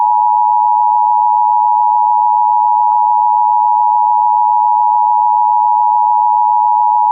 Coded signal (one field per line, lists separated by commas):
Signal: Emergency Alert System (SAME) tones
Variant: 853 and 960 Hz attention tone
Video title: EAS recreation: Tornado Warning for Marin and St.lucy counties